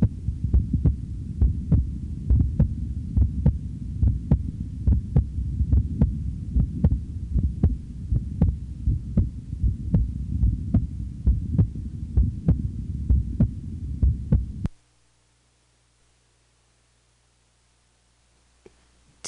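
A human heartbeat: steady low thumps at about 71 beats a minute over a constant low hum. The beating lasts about 15 seconds and then stops, leaving near silence.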